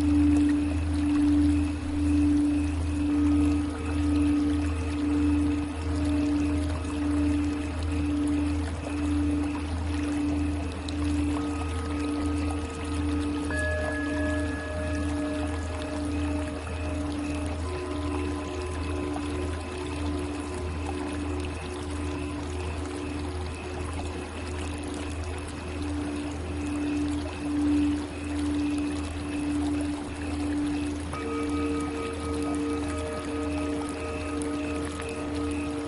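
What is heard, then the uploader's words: Singing bowls ring in a steady, wavering drone, with a deep pulsing hum underneath and new higher tones entering every few seconds. CHAKRA Singing Bowls.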